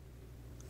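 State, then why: Not seated. A bean hopper is set on top of a BD-CG015 coffee grinder and twisted clockwise to lock, but too much friction stops it. Over a steady low rumble, only a brief faint high tone is heard at about 0.6 s. The hopper has not clicked in or seated yet, and the little lever has not popped up.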